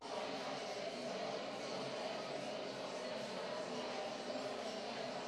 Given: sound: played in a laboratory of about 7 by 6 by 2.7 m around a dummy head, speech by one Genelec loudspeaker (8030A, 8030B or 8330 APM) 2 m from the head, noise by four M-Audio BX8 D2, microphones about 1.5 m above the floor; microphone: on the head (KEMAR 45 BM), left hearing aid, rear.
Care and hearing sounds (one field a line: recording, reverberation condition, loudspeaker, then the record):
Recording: babble noise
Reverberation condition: high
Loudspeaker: four, about 170 cm from the corners of the room and facing them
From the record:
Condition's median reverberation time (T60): about 1300 ms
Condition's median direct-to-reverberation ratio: about -4.0 dB